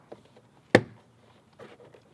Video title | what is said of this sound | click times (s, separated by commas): BAVSOUND BMW M4 STAGE 1 Audio Upgrade (F82,F30) | can hear that clicking let's kind of go around make | 0.8 s